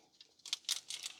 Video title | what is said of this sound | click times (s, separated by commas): Transformers Studio Series 51 Dotm SOUNDWAVE | We'll snap into place like so. | 0.5 s